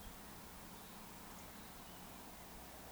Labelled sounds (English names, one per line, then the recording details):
Eurasian Woodcock whistle
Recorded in Baden-Württemberg, Germany, on 3 June 2021 at 19:41 UTC
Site 49334, 1074 m above sea level